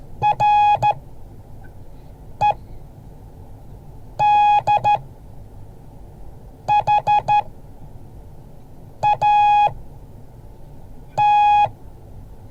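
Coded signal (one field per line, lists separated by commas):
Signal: Morse code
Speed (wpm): 13 wpm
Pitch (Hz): 830 Hz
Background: none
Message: REDHAT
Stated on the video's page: Morse code class.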